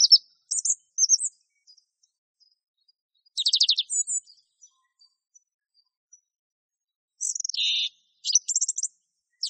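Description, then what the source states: Song thrush song in scattered bursts: high squeaky notes, a clustered rattling phrase, then a harsh buzzy note followed by thin high twitters. Masteran (tutor) song used for training songbirds.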